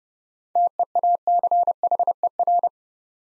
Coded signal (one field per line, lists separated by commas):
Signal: Morse code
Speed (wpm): 30 wpm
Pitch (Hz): 700 Hz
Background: none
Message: TEACHER